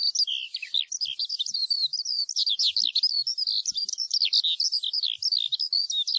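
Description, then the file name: Eurasian skylark song, quick high twittering with slurred whistles and rattling trills, flowing continuously and rising and falling in pitch. "ALLODOLA"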